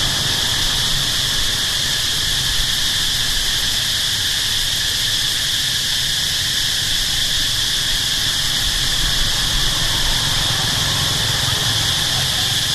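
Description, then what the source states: Locust producing an unvarying high buzzing whine from start to end, with a soft low traffic rumble beneath. Recorded at night in Siem Reap, Cambodia, with traffic passing.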